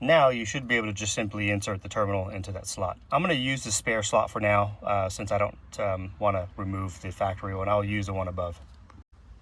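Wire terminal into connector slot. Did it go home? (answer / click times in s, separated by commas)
no / none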